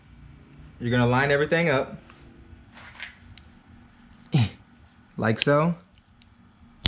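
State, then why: Seated. An M1 steering wheel button is lined up and slid into its plastic steering-wheel trim slot while someone talks. Quiet handling noises follow, then a sharp click at 6.9 seconds as the button seats in the trim.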